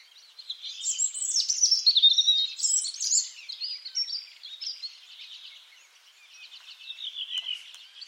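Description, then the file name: European robin song, a loud, high, tumbling warble early on that fades to quieter thin phrases, then briefly picks up near the end. "Erithacus rubecula"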